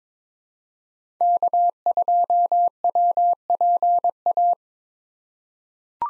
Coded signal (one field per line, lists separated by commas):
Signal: Morse code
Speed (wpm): 22 wpm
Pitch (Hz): 700 Hz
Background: none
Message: K2WPA